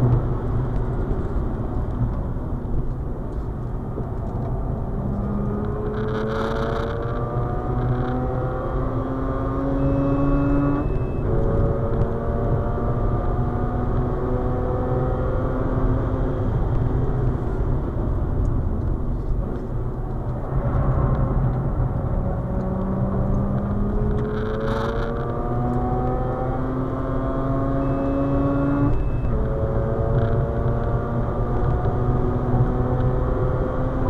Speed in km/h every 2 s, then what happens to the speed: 101, 87, 98, 112, 125, 133, 144, 150, 111, 90, 79, 95, 113, 119, 132, 143, 151.
0-3 brakes to 87. 3-14 speeds up to 150. 14-19 brakes to 79. 20-31 speeds up to 151.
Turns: 0-7, 17-22.